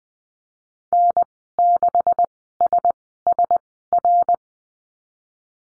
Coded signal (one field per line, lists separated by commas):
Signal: Morse code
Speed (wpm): 20 wpm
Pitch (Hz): 700 Hz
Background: none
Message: N6SSR